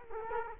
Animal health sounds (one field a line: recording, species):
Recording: mosquito wingbeat signal from an infrared sensor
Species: Culex quinquefasciatus